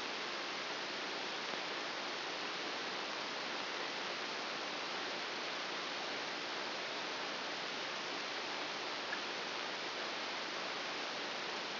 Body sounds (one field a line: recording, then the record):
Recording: brain microelectrode recording played as sound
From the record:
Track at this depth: inside the subthalamic nucleus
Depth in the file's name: 4.601 mm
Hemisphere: right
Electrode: 2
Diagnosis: Parkinson's disease